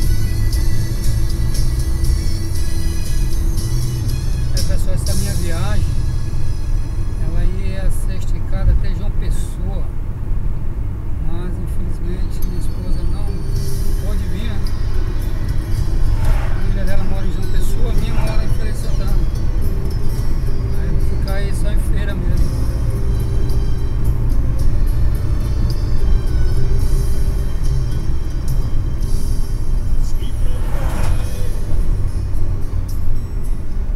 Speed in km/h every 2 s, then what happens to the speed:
92, 90, 88, 86, 83, 82, 83, 86, 89, 93, 96, 98, 98, 93, 87, 82, 75.
0-10 slows to 82. 10-24 speeds up to 98. 24-34 slows to 75.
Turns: none.